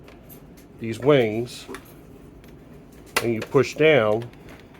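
Someone talks while handling the wings of a Star Wars TVC Slave 1 Boba Fett toy spaceship, pushing them down toward the small spring-loaded plastic latch, with a coil spring inside, that locks them in place, as part of repairing the wing mechanism. Faint taps and handling noises sit under the speech. Nothing has seated or clicked yet.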